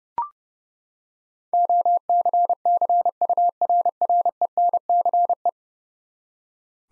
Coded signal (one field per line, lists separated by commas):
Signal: Morse code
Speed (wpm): 30 wpm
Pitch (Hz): 700 Hz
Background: none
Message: OCCURRENCE